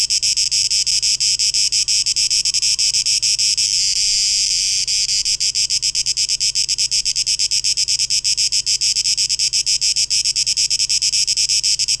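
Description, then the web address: Cicadas drone in a dense, high, grating buzz, pulsing quickly, briefly smoothing into a continuous tone midway before the throbbing returns. 12 August 2023; tape echo mix. "rauschpartikel 2023-08-12 Zikaden"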